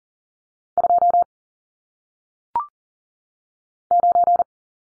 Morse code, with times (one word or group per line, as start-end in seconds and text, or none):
0.8-1.2 2
3.9-4.4 9